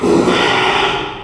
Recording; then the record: squeal of a Yucatan mini pig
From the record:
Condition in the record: after surgery on the right vocal fold (resection and tissue-engineered implant); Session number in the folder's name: 1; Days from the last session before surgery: 6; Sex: male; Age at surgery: 12 weeks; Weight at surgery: 13 kg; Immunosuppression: cyclosporine, prednisolone